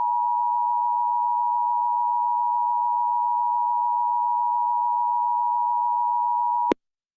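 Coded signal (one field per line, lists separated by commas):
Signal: Emergency Alert System (SAME) tones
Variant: 853 and 960 Hz attention tone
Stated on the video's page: Fictional scenario alert, simulated rather than real.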